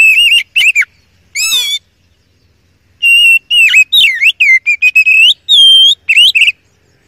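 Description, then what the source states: Oriental magpie-robin song: whistled phrases with rising and falling slurs, a harsh rasping note near the start, then a quick varied sequence of clear whistles. Masteran training song of a first-place champion kacer.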